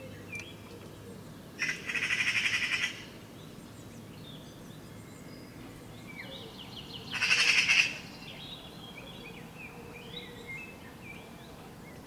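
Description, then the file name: Eurasian magpie giving harsh rattling chatters, two bursts about five seconds apart, with faint whistled notes of other birds in between. "Pica pica"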